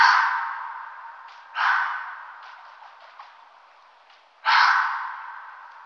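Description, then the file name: Red fox giving rasping, breathy screams: one fading at the start, then two more loud harsh cries about three seconds apart, each with a long fading tail. "volpe"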